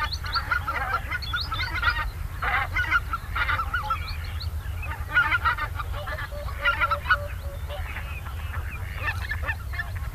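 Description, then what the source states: Greater White-fronted Goose flock giving many high, yelping honks that overlap in a constant chatter, over a steady low rumble. Migrant passing through staging areas in Finland in spring and autumn.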